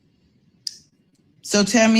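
Someone presses the safety release on the inside of a folding knife's handle, and the blade lock disengages with a single sharp click at 0.7 s so the blade can fold. Someone then starts talking near the end.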